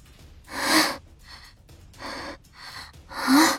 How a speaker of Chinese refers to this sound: 严红沙背倚树干，大口大口喘气，一边喘一边看曹延华